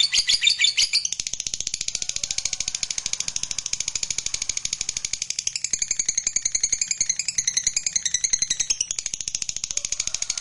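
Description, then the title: Lovebird chattering song, a long rapid rattle of shrill, buzzy pulses with a wavering high trill in the second half. Lovebird sound meant to stimulate a lazy, reluctant lovebird into singing spontaneously and eagerly. "LOVEBIRD Malas Bunyi JADI GREGET SPONTAN Langsung NARIK"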